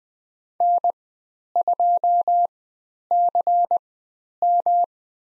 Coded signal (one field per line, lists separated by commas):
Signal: Morse code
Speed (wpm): 20 wpm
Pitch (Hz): 700 Hz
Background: none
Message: N2CM